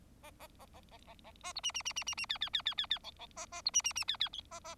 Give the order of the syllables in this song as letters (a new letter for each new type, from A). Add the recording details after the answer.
A A A A A A A A B C C C C C C D D D D D D E E A A B C C C D D A A. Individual Bird4